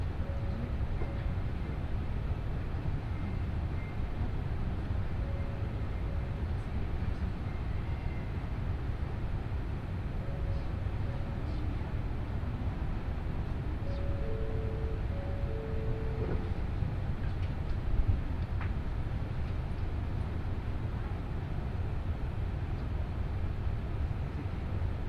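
Inside a Nishi-Kyushu Shinkansen Kamome train running from Takeo-Onsen to Nagasaki, a steady low rumble and rushing roar fill the whole stretch at an even level. Faint short tones sound now and then, grouped around fifteen seconds, and a brief knock comes near eighteen seconds.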